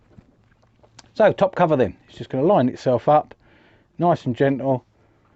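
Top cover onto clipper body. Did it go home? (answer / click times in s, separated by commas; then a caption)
no / none. The top cover of a Hauptner electric clipper is lined up gently over the clipper body while someone talks, with a few faint handling taps early on. Nothing has seated or clicked yet.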